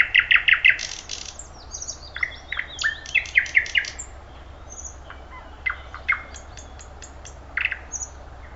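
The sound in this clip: Thrush nightingale song opening with a fast series of hard chock notes, then varied whistles, rattling trills and high piping notes in quick succession over faint hum.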